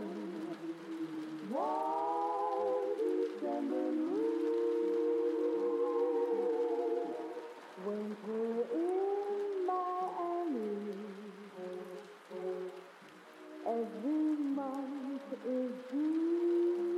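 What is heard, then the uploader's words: Oldies music plays from another room, a smooth, wavering melody of held notes with vibrato and gliding pitches. A long steady note stretches from about four to seven seconds, and the music dips softer near eight and again around twelve seconds, over a faint hiss. Vintage music from another room.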